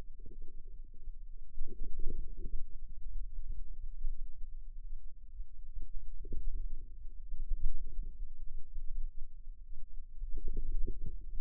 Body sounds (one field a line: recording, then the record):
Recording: forearm muscle sounds (acoustic myography)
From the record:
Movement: inward rotation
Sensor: system 2, bracelet of six BSWA MPA416 microphones around the upper forearm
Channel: 1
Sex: female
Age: 22 years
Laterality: right